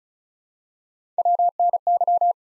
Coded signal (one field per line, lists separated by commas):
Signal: Morse code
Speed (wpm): 36 wpm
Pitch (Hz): 700 Hz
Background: none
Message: WNY